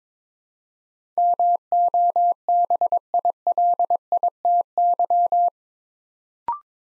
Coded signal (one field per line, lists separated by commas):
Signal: Morse code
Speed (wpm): 22 wpm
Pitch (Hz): 700 Hz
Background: none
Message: MOBILITY